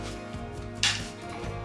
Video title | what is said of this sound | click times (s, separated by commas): SPECIAL TIPS FOR GETTING THE CAM CHEST DONE AND THE PUSHRODS INSTALLED / PITCH BLACK EVO PT 9 | there we go it should snap right into place | 0.8 s